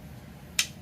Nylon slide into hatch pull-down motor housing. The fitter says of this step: they just kind of snap in place